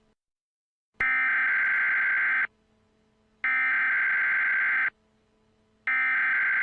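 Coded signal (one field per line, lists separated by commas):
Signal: Emergency Alert System (SAME) tones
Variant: header bursts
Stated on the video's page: Mock EAS activation for a nuclear attack, a simulated live-action event on an Atlanta radio station, made for entertainment.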